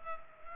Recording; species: mosquito wingbeat signal from an infrared sensor; Culex pipiens